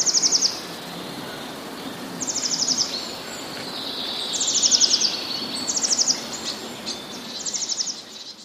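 Eurasian blue tit singing five short, rapid high trills against constant outdoor noise.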